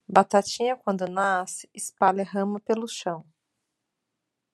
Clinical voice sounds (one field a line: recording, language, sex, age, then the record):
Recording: short text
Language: Brazilian Portuguese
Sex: female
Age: 40 to 49 years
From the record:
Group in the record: control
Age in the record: 45 years